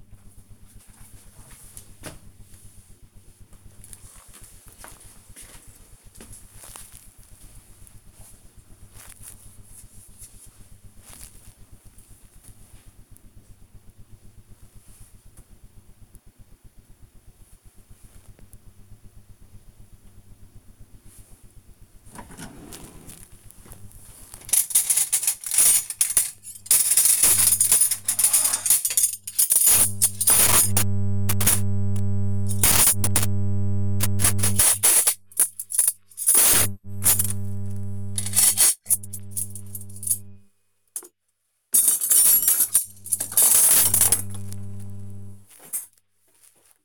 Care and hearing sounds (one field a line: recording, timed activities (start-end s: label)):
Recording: household activities, microphone on the right wrist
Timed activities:
21.77-46.85 s: putting away the dishes